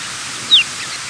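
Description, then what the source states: Chestnut-collared longspur call: a single brief, high, downslurred note over steady hiss. Recorded in Texas.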